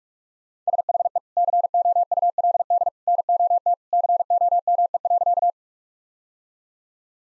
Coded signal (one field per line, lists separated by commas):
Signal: Morse code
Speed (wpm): 41 wpm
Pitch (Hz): 700 Hz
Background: none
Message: SHE COULD NOT COME.